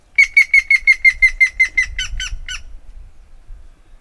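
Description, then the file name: Grey-headed woodpecker producing a rapid run of many nasal notes, level at first, the last few lower and rougher, over faint low background rumble. "Hamvas küllő - Picus canus"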